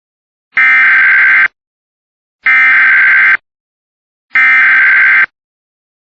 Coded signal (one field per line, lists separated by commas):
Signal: Emergency Alert System (SAME) tones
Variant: header bursts